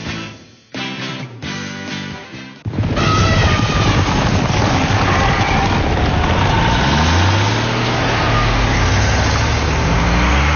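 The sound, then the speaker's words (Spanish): A few choppy bursts of engine noise give way to a loud, steady roar of a heavy JMC truck engine, its pitch climbing as it revs near the end. No voices. “Camiones que demuestran la potencia, el rendimiento y la fuerza del trabajo duro en todo terreno.”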